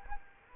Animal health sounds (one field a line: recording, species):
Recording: mosquito wingbeat signal from an infrared sensor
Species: Culex quinquefasciatus